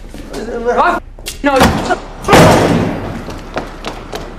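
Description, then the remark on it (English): A voice shouts briefly, then a door slams shut with one heavy, booming thud that fades out slowly, leaving faint murmuring afterward. “Get back here! Open the door.”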